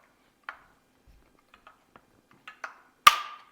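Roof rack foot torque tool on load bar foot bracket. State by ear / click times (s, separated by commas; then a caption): torque reached / 3.1 s. A roof rack foot is tightened onto a load bar foot bracket on a 2015-2022+ Ford Edge 5-door SUV with flush rails, using the supplied torque tool, which tightens the brackets and the foot to the bar at the same time. Several soft ticks and taps lead up to a sharp, bright click at 3.1 s with a short ringing tail. That click means the handle has reached full tightness.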